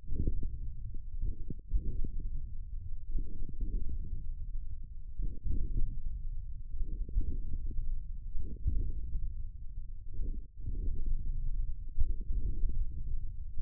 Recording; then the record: forearm muscle sounds (acoustic myography)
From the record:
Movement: wrist extension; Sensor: system 1, eight BSWA MPA416 microphones around the upper forearm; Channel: 6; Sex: male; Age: 42 years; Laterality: right